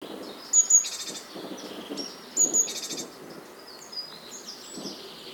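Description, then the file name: Great tit calls: short high thin notes paired with dense scratchy bursts, heard twice about two seconds apart, over a low rumbling background. "Parus major"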